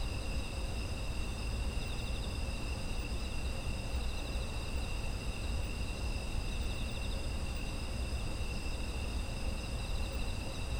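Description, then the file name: Layered insect trilling, shrill and continuous, with one pulsing strand, over a persistent low rumble. Autumn insect ambient sound. "秋の虫の環境音"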